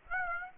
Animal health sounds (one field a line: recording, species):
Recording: mosquito wingbeat signal from an infrared sensor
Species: Aedes aegypti